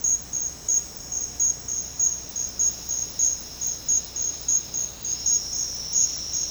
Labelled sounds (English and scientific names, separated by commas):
none